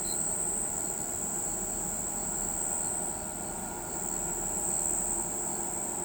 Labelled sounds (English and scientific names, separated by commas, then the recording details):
none
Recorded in pastures near Pivijay, Magdalena, Colombia, on 18 April 2023 at 03:30
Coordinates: 10.456, -74.369
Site P6-G026